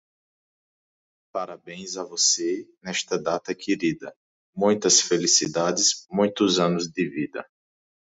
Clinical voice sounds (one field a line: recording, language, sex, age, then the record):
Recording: short text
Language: Brazilian Portuguese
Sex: male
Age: 30 to 39 years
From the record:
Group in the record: control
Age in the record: 31 years